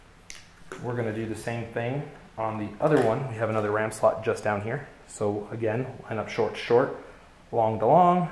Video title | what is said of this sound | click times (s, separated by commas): Synology DS918+ Memory Upgrade | just kind of set it in there like that push it down it locks in place | 0.3 s